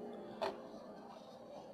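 A thermal-transfer ribbon roll (take-up core) is being handled at the ribbon spindle of a Zebra GC-420-T desktop barcode printer. A brief broadband rustle or knock near 0.4 s stands out against a steady low hum. Nothing has seated or clicked yet.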